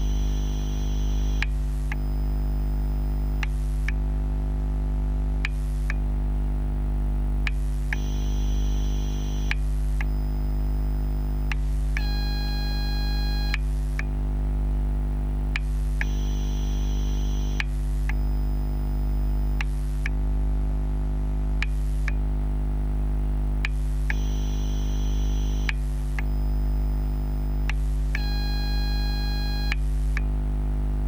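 A battery charger gives off a steady electrical hum with a deep, constant drone and a stack of buzzing tones above it. Higher whining tones switch on and off in a repeating cycle every few seconds, with brief clicks where the pattern changes.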